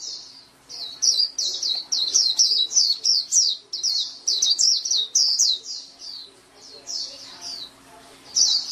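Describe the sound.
Oriental magpie-robin singing a rapid, continuous run of varied high whistles and rich sweeping notes, briefly pausing before resuming.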